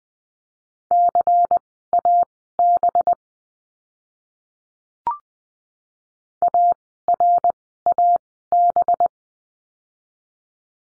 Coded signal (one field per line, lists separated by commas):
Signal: Morse code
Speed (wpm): 20 wpm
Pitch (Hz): 700 Hz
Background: none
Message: CAB ARAB